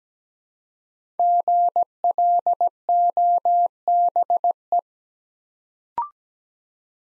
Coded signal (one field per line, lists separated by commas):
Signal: Morse code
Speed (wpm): 17 wpm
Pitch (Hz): 700 Hz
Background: none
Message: GLOBE